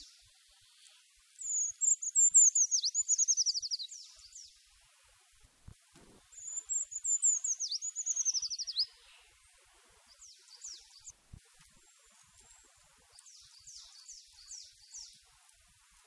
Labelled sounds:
Eurasian Treecreeper song
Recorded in the wild
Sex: male
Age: adult
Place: Erlangen, Bayern, DE
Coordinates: 49.5686, 11.0064
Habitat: forest
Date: 1965-06-18
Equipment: Original, Vollspur, Parabolspiegel Grampian
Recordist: Tretzel, Erwin

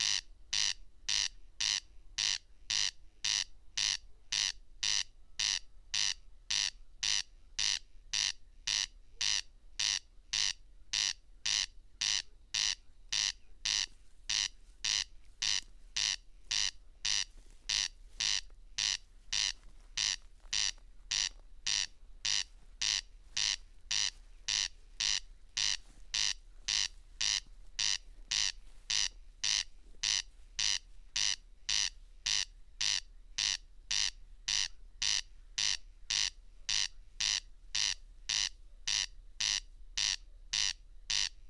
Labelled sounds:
Corn Crake song
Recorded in the wild
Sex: male
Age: adult
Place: Schwedt/Oder, Nationalpark Unteres Odertal, Brandenburg, DE
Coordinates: 53.0362, 14.2918
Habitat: meadow
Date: 2020-07-08 00:58
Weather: 10°C, 90% humidity, almost windless
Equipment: Edirol R44, Microtech Gefell MK 250/MV220
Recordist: Frommolt, Karl-Heinz

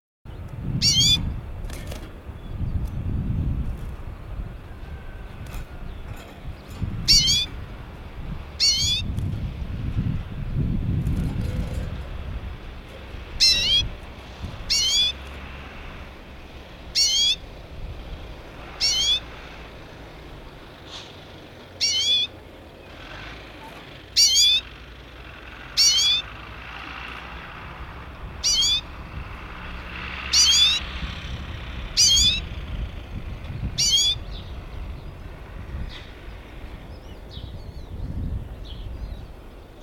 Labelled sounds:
Common Redpoll call
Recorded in the wild
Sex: male
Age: adult
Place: Binz, Insel Rügen, Mecklenburg-Vorpommern, DE
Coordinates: 54.402, 13.606
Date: 1978-05-11 08:20
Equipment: Nagra III BH, Sennheiser MD 21
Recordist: Schubert, Michael
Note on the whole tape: Birkenzeisig adultes Männchen Flügelmaß 74,5 mm, Schnabel 9 mm

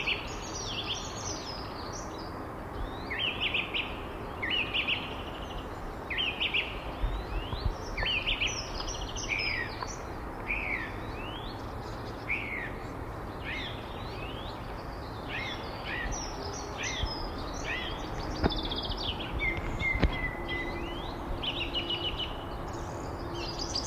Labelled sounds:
Song Thrush song
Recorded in the wild
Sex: male
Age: adult
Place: Erlangen, NSG Brucker Lache, Bayern, DE
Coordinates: 49.5644, 11.0131
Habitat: forest
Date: 1962-03-28
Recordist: Tretzel, Erwin

